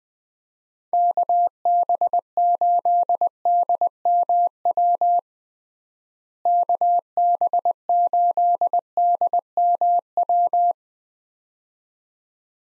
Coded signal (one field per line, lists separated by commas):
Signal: Morse code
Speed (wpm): 20 wpm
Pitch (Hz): 700 Hz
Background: none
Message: KB8DMW KB8DMW